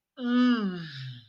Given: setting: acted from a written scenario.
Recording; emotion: vocal sound without words; shame